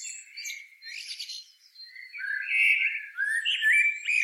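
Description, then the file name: Eurasian blackbird warbling, fluty notes sliding up and down, with scratchy high twittering and a thin sustained high whistle in the background. "Turdus merula"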